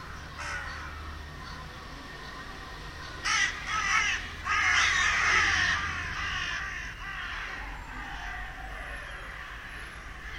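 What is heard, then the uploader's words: Seagulls, crows and jackdaws call over each other in a noisy squabble. Harsh caws and shrill cries come in clusters, loudest in bursts around three to six seconds, then thin out into scattered calls. A low steady hum runs underneath throughout. Seagulls, Crows And Jackdaws Den Haag. An 'aerial battle' above my house between seagulls, crows and jackdaws.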